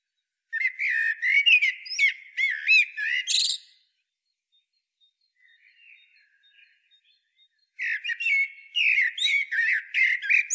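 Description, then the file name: Common blackbird singing: a loud run of squeaky, twittering notes, a pause with faint low warbling, then another burst of shrill twitter. "Turdus merula"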